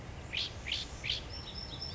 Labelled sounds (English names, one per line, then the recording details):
Song Sparrow
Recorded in Sonoma County, California